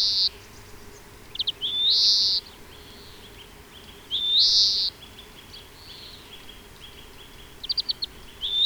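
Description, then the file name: European greenfinch giving several drawn-out wheezy nasal notes, with brief chirp clusters between them. "Chloris chloris"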